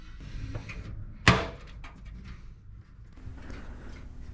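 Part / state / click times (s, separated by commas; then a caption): metal I/O shield into PC case rear opening / seated / 1.3 s. A metal I/O shield is pressed on each corner into the rear opening of a PC case and snaps into place with a sharp metallic click at 1.3 s. A fainter tap follows at about 1.9 s against low background noise, and the shield is seated.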